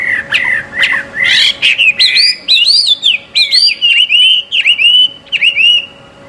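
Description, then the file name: Chinese hwamei song: loud, clear whistled phrases sliding up and down, quickly repeated with slurred loops and sharp upward flicks for several seconds. Recorded at a bird gathering. "audio-gathering-hwamei 1-omkicau"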